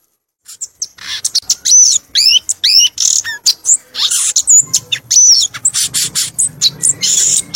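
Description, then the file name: Violaceous euphonia song: a fast, busy stream of high chattering notes, sharp chips and short rising and falling whistles, nearly continuous for about seven seconds. "canto do gaturamo verdadeiro"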